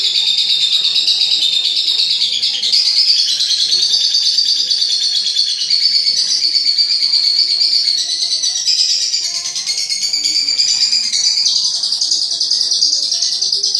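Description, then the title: Lovebird chattering nonstop, a thick stream of fast high squeaks and trills shifting up and down in pitch throughout. Training (masteran) audio for lovebirds, meant to teach them the long continuous ngekek trill; lovebird called labet. "Kicau Lovebird Terapi Masteran LABET Agar Labet Cepet NGEKEK PANJANG"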